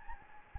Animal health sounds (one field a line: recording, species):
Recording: mosquito wingbeat signal from an infrared sensor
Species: Anopheles gambiae